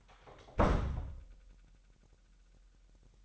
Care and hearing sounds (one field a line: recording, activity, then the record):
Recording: daily activity, microphone in the room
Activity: close door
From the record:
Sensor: 3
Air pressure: 998.4 hPa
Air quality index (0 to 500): 138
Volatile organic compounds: 4 ppm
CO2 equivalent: 1649 ppm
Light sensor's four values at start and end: 17/48/19/18 and 17/48/19/18